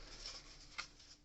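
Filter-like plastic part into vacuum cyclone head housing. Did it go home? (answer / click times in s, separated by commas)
no / none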